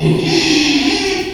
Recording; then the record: squeal of a Yucatan mini pig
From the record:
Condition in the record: after surgery on the right vocal fold (resection and tissue-engineered implant); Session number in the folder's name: 2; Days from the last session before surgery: 13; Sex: male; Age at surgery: 12 weeks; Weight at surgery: 13 kg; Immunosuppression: cyclosporine, prednisolone